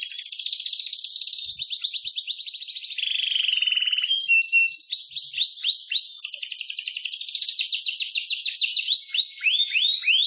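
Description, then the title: Atlantic canary song of varied trills: a fast high rattle, a lower buzzy roll, then repeated swept whistles and another rapid trill. Canary song with a varied ornate style (cengkok), used as a tutor recording for training songbirds such as white-eyes (masteran). "Cengkok Kenari Mewah. KENARI GACOR, KENARI CENGKOK MEWAH, COCOK BUAT MASTERAN PLECI"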